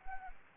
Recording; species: mosquito wingbeat signal from an infrared sensor; Anopheles gambiae